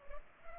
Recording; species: mosquito wingbeat signal from an infrared sensor; Culex pipiens